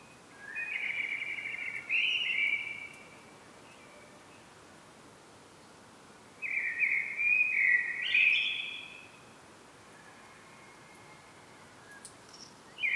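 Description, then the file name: Common blackbird singing two loud phrases a few seconds apart. Each is a warbled, fluty whistle ending with a higher squeak, and a third phrase begins at the end. "Turdus merula"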